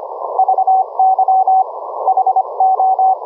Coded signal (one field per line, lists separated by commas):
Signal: Morse code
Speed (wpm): 24 wpm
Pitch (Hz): 760 Hz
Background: none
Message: VY HO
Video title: HAM RADIO - Remote Rig Audio - Remote Rig Control - live demo of REMOTE SOFTWARE during HF CW QSO